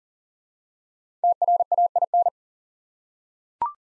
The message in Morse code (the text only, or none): TRAIN